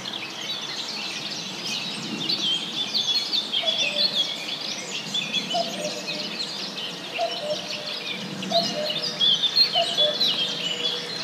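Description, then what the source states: Birds singing in a dense chorus of overlapping high chirps and trills. Birds in a wood.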